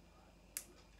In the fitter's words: you hear that click that's it going into place